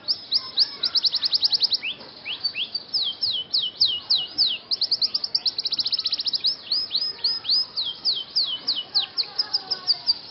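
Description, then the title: Scotch Fancy canary song with rapid trills and swooping notes in varied phrases throughout. Scotch Fancy canary song with cengkok (ornamented song variations), singing vigorously (gacor). "Cengkok Kenari Mewah. KENARI SCOTCH FANCY GACOR CENGKOK MEWAH"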